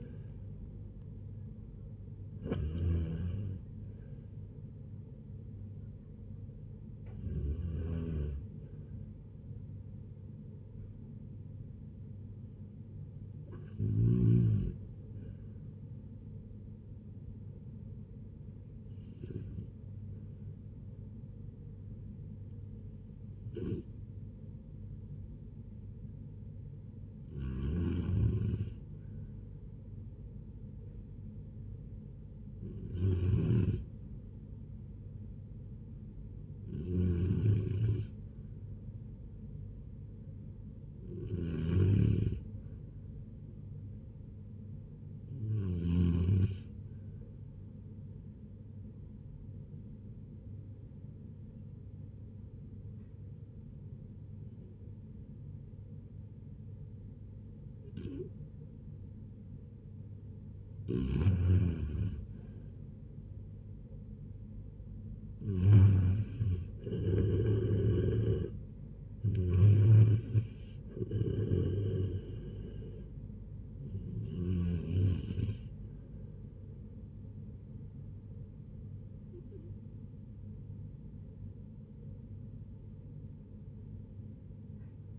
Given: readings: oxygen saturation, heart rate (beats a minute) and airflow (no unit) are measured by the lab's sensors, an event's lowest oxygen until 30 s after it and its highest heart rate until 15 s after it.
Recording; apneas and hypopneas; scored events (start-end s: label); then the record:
a person awake in a sleep study, by a smartphone at the bedside; none
0.00-85.19 s: awake
0.00-85.19 s: awake
From the record:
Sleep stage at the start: awake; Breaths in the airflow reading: 31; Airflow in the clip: -0.7 to 0.6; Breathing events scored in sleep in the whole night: 496 in 5.4 hours asleep